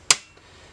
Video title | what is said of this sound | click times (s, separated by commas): DSC IMPASSA KEYPAD DOOR REPLACEMENT | hear it click and then | 0.1 s